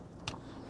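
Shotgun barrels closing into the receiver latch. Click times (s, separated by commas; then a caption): 0.3 s. After two shells are loaded, a break-action shotgun's barrels are closed into the receiver latch. A single sharp, short click at 0.3 s stands out against a low steady background as the action latches and locks.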